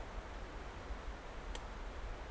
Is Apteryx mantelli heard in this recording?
no